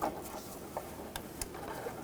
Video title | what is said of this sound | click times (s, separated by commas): How to Replace Rear Wheel Bearing & Hub Assemblies 2008-2020 Dodge Grand Caravan | there we go I heard it it was a very quiet click | 1.4 s